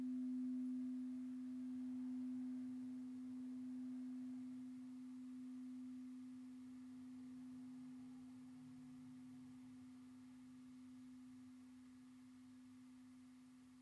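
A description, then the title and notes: A singing bowl's pure, steady tone hums low and unbroken, with faint higher overtones, slowly fading in loudness across the clip. Bright Simple & Happy Singing Bowl. The transcendent tones of meditative bells and Tibetan singing bowls.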